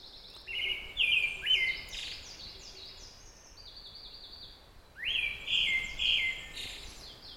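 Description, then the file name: Pale thrush song: two short whistled phrases about four seconds apart, each a run of clear notes, over a steady hiss of background noise. "thrush-pale -Turdus-pallidus"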